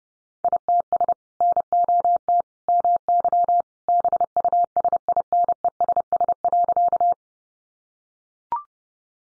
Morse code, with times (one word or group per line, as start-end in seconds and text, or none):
0.4-1.1 ITS
1.4-2.4 NOT
2.7-3.6 MY
3.9-7.1 BUSINESS.